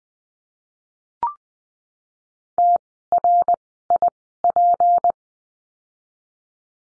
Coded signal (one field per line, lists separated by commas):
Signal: Morse code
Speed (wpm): 20 wpm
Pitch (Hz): 700 Hz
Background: none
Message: T R I P